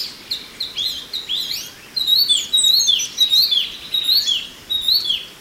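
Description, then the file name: Chinese hwamei song of loud, looping whistles that swoop down then up, repeated in lively varied phrases with brief pauses between them. "suara alam hwamei"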